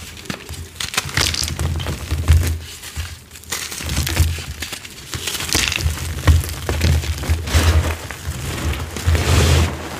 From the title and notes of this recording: Satisfying dyed gym chalk crush + crispy ombré cornstarch crunchies reforms.